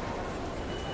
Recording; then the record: background sound without coughing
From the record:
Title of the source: Train Station Sounds Paris